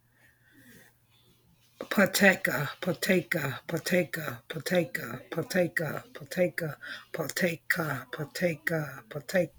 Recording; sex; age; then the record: repeated syllables /pa ta ka/; female; 40 to 49 years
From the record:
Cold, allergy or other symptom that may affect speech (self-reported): no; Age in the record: 41 years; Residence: Michigan, United States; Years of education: 19